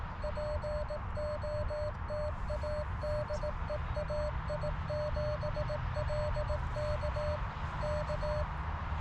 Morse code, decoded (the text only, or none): POTA DE AI7LK K